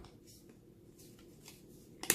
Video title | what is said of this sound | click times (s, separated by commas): Poetic Revolution Case for iPhone XR | get the sides to lock into place so you have to apply a little bit of pressure on the sides there | 2.0 s, 2.1 s